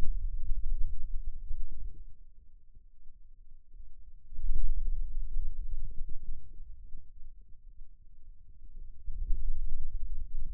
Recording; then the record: forearm muscle sounds (acoustic myography)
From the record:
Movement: finger pinch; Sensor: system 2, bracelet of six BSWA MPA416 microphones around the upper forearm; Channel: 1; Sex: male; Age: 22 years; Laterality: right